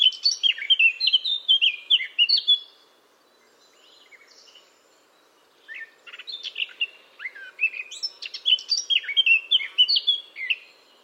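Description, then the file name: Eurasian blackcap song: a fast warbling phrase of high, varied notes for under three seconds, a pause, then a second longer bout of chattering and fluty notes. "Sylvia atricapilla"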